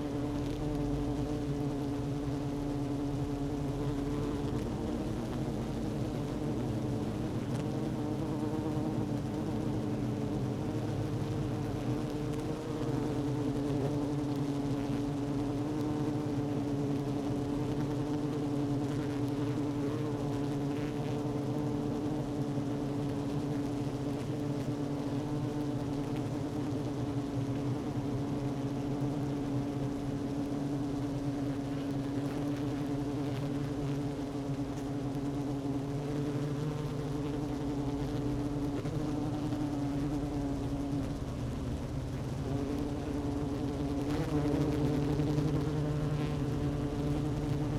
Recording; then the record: honeybee colony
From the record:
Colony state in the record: active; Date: 12 June 2018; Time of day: 11:15